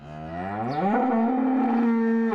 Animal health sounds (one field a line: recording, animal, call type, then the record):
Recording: contact call of a hoofed animal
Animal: cattle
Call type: low-frequency (closed-mouth) or high-frequency (open-mouth) call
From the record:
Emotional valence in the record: negative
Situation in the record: full separation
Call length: 2.4 s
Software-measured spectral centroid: 910 Hz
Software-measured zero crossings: 1000 a second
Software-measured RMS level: -24 dBFS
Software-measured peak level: -12 dBFS